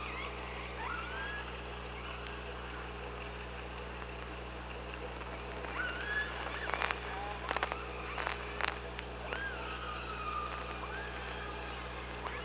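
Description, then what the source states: Orca vocalizations: faint gliding tonal calls early, then clusters of click bursts and a few short upswept calls, with constant low-pitched background hum. OrcaLab hydrophone, 24 August 2017 at 05:29.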